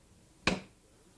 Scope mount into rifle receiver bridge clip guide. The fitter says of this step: you heard the snap, it fits pretty tight.